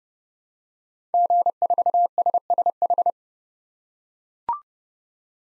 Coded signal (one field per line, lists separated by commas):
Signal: Morse code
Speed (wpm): 32 wpm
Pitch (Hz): 700 Hz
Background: none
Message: G4SSH